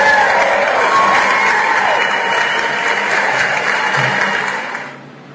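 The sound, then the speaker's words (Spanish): A burst of applause and cheering from a crowd, dense and steady clapping with a bright hiss of voices, holding loud for about four seconds before fading out quickly at the end. “¿Qué pasó con los aplausos, señores?”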